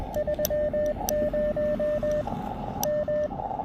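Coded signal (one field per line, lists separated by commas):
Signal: Morse code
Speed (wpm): 21 wpm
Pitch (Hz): 600 Hz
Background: radio noise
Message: 30 M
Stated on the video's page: POTA park activation on CW with an Elecraft KX2, AX1 antenna and Begali Traveler key.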